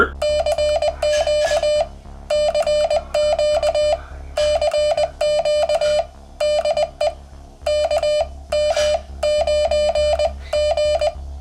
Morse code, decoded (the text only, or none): CQ CQ CQ DE KM9G